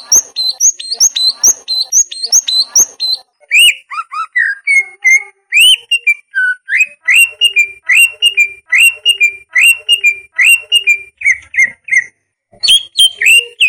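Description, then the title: Leafbird song: rapid high chips and twitters at first, then a long run of rich rising-and-falling whistled notes repeated steadily, with brief high flourishes. "CUCAK IJO"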